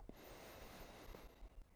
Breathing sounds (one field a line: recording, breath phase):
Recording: one breath near a microphone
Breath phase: inhalation